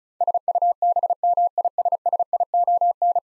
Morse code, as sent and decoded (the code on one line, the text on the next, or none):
... ..- -... -- .. ... ... .. --- -.
SUBMISSION